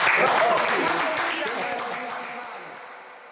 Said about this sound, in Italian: Facciamoci un applauso, dai.